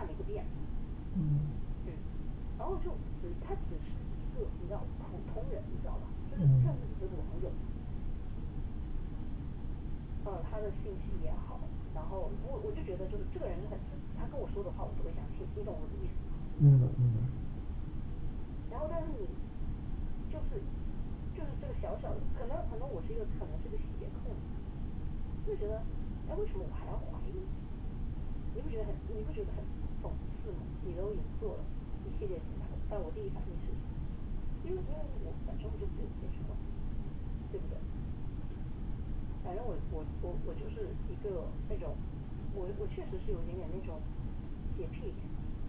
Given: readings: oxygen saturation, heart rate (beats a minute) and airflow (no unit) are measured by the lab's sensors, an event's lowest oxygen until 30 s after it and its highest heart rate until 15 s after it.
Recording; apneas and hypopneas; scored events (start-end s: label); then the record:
a person awake in a sleep study, by a smartphone at the bedside; none
0.00-45.69 s: awake
From the record:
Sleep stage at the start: awake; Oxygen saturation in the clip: 95 to 97%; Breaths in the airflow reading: 18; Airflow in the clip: -5.4 to 5.9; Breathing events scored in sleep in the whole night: 216 in 7.0 hours asleep